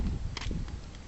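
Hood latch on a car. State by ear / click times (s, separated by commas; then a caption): released / 0.4 s. A car's hood release lever or latch is pulled and the hood latch pops open with a sharp click at 0.4 s, followed by a thump. Fainter taps follow at about 0.7, 1.0 and 1.1 s over a low background rumble, and the hood is released.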